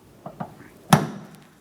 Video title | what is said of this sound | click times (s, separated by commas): How to Replace Trunk Lid Lift Supports 2003-2007 Cadillac CTS | An audible click from that, make our way up to the top. | 0.9 s